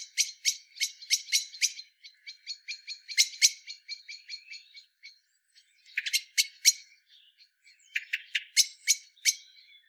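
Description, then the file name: Eurasian blackbird calls: loud, hard chinks at first, then a faster run of softer clicks, and after a short pause more scattered sharp chinks. "Turdus merula"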